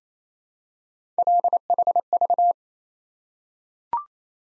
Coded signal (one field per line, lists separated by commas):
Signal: Morse code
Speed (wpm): 27 wpm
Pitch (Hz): 700 Hz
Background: none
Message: LHV